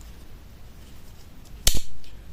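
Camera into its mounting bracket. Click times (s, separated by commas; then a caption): 1.7 s. A camera is pushed into its mounting bracket so it can sit on a car dashboard. After a quiet stretch, a sharp plastic click at 1.7 s is followed by a second quick click and a brief rattle. The camera locks into place in the mount.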